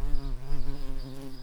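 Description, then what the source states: Garden bumblebee buzzing, a steady low droning hum with slight wavering in pitch and loudness throughout. Queen.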